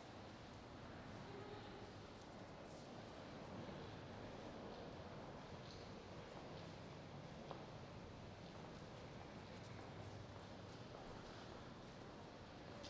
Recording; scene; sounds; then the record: everyday scene through a hearing-aid microphone; reverberant space; background noise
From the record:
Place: railway station hall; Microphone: in the ear canal, right